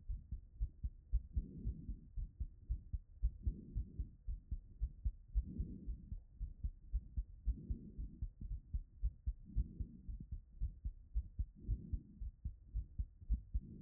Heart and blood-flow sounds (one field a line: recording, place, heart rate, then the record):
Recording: heart sounds by stethoscope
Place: Erb's point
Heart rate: 106 bpm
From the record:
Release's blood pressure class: elevated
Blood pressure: 123/68 mmHg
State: after exercise